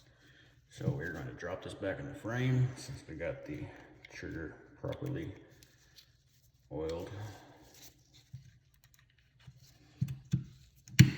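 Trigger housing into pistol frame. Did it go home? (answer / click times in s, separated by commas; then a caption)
yes / 11.0 s. Someone talks while an oiled trigger housing is dropped back into a polymer Glock pistol frame during reassembly. A few small clicks come near 10.1 to 10.9 s, then a sharp, loud snap at 11.0 s marks the housing seating in the frame.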